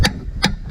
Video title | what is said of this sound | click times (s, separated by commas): Sunseeker Desert Storm - Caravan Cruisemaster ATX Suspension: Your Secret Weapon | and when you hear that double click, it means that it's been tightened to that much. | 0.0 s, 0.4 s